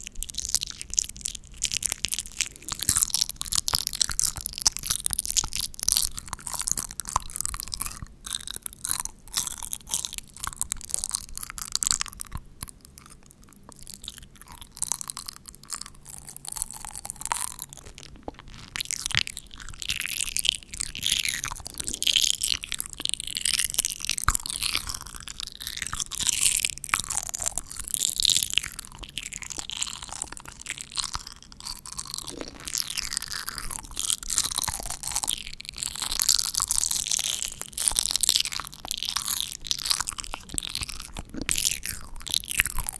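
Mouth sounds run continuously for the whole stretch: dense, wet clicks, smacks and crunchy chewing-like noises packed close together with little pause. The sound is bright and crackly, shifting constantly in texture, with brief quieter moments around 13 and 20 seconds.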